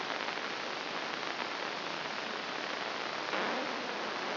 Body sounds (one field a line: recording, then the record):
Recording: brain microelectrode recording played as sound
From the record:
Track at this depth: inside the subthalamic nucleus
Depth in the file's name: 1.937 mm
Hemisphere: left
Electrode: 2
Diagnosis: Parkinson's disease